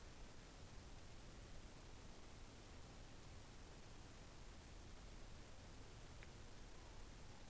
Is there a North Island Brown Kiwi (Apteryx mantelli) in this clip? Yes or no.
no